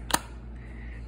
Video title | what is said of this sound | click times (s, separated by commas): Tactical Scorpion Gear Review | there's a little click there and | 0.1 s